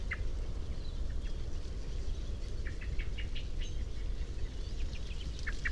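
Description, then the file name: Common blackbird giving sharp, separate ticking notes at irregular intervals, a few grouped closely, over persistent low background noise. "Turdus merula"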